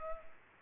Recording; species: mosquito wingbeat signal from an infrared sensor; Culex pipiens